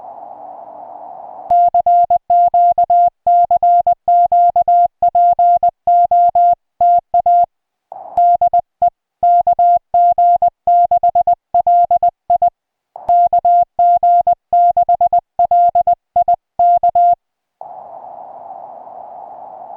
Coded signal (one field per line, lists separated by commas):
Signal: Morse code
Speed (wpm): 20 wpm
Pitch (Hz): 690 Hz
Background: music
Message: CQ CQ POTA DE KG6LI KG6LI K